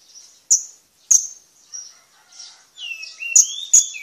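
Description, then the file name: Blue-crowned hanging parrot calls: several sharp high squeaks, with a lower descending whistle near the end. "suara burung serindit"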